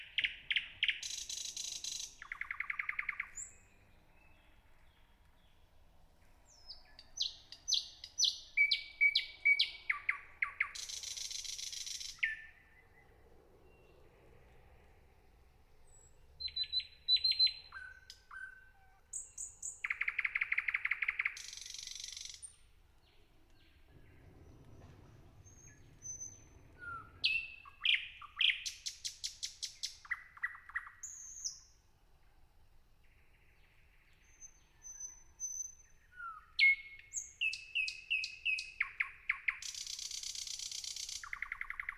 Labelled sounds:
Thrush Nightingale song

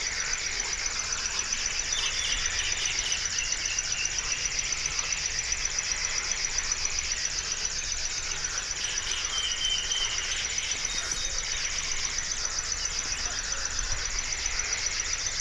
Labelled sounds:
River Warbler song

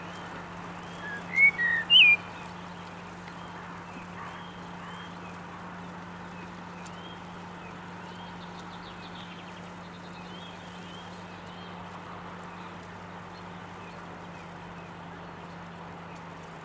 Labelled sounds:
Common Blackbird song

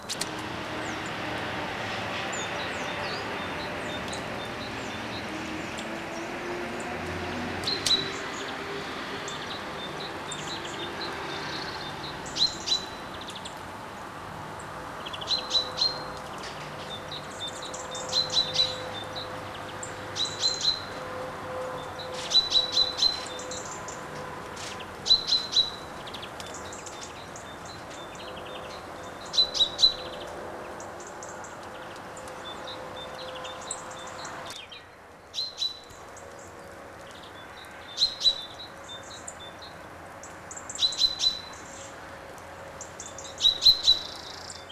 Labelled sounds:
Common Chaffinch call

